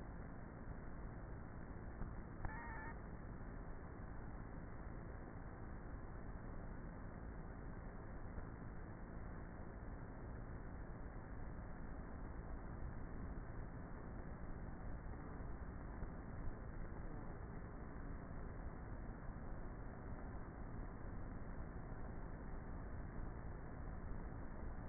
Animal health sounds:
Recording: honeybee colony, microphone inside the hive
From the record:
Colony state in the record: queenless with a low population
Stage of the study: before two queens were removed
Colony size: about 30,000 bees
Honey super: no

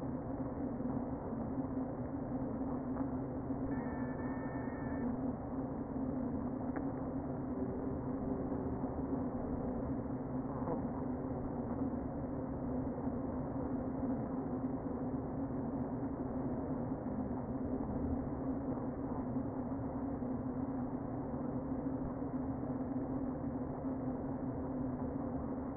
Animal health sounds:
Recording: honeybee colony, microphone inside the hive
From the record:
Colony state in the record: queen present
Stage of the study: before two queens were removed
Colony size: about 60,000 bees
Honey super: yes

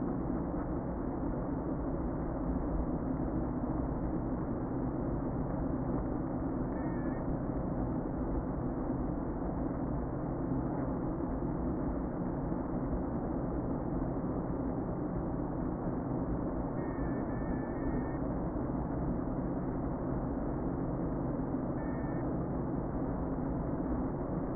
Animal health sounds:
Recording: honeybee colony, microphone inside the hive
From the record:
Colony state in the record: queen present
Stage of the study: before two queens were removed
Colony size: about 60,000 bees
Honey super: yes

